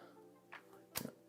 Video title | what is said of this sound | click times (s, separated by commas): Rebuilding a Laptop with my Daughter. | snapped right into play see | 0.5 s, 1.0 s